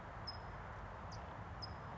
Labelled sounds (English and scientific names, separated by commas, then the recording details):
California Towhee (Melozone crissalis)
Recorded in Sonoma County, California